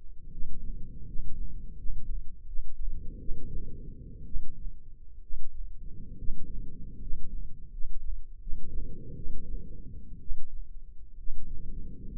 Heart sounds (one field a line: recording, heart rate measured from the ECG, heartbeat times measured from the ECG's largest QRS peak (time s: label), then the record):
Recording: heart sounds by microphone in the left ear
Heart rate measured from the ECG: 71 bpm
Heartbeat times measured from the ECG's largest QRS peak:
0.30 s: heartbeat
1.05 s: heartbeat
1.76 s: heartbeat
2.46 s: heartbeat
3.18 s: heartbeat
4.24 s: heartbeat
5.21 s: heartbeat
6.16 s: heartbeat
7.00 s: heartbeat
7.70 s: heartbeat
8.39 s: heartbeat
9.14 s: heartbeat
10.19 s: heartbeat
11.17 s: heartbeat
12.12 s: heartbeat
From the record:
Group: healthy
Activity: rest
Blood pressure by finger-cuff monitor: 120/66 mmHg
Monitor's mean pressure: 85 mmHg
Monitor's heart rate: 72 bpm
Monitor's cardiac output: 8.1 L/min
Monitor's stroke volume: 113 mL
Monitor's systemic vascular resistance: 760 dyn s/cm5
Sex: male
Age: 24 years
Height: 184 cm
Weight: 89 kg